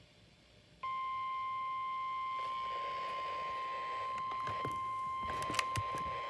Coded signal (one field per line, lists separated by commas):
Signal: Emergency Alert System (SAME) tones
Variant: 1050 Hz attention tone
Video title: Required Weekly Test (12/26/18) (EAS #191)